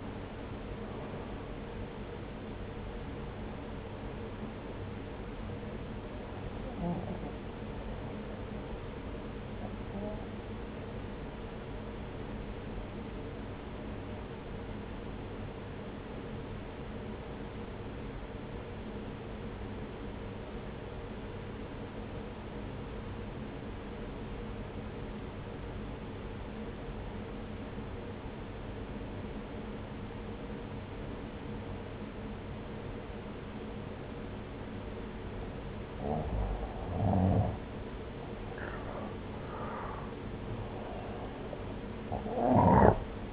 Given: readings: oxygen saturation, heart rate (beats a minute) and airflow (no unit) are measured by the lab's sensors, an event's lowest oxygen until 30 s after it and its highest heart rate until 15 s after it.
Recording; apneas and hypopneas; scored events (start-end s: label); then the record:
breathing in sleep by a voice recorder at the bedside; 1
15.00-37.50 s: obstructive apnea (N1, oxygen 95% highest, then 89% lowest)
17.00-43.33 s: new sleep stage, N2 (light sleep)
From the record:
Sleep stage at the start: N1 (lightest sleep); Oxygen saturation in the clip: 85 to 95%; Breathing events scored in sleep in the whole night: 303 in 8.1 hours asleep